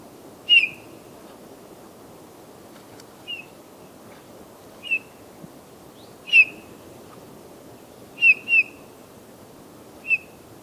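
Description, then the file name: Eurasian bullfinch making plaintive piping whistles, single or paired, repeated at irregular intervals of one to three seconds, with faint background hiss. "Pyrrhula pyrrhula"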